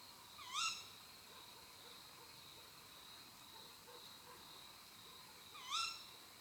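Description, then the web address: Tawny owl calls: two sharp, harsh notes that rise then fall, about five seconds apart, over a steady high-pitched background whine. Female tawny owl; listed among nocturnal raptor songs and calls. "rapaci notturni canto verso femmina allocco strix aluco tawny owl waldkauz carabo comun chouette hulotte"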